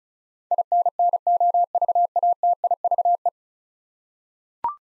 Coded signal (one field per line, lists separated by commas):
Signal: Morse code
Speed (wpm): 36 wpm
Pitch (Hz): 700 Hz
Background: none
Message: INNOVATIVE